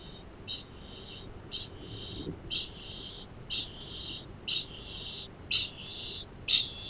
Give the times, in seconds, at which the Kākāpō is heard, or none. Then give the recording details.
0.00-6.89. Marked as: faintness 2/5. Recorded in New Zealand. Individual Arab